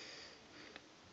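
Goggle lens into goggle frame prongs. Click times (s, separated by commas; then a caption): 0.8 s. Someone presses a Dragon APX goggle frame down around its plastic lens from the inside so the lens holes catch on the frame prongs. A quiet, sharp click sounds at 0.8 s over a steady background hiss, and the lens snaps into the frame and is seated.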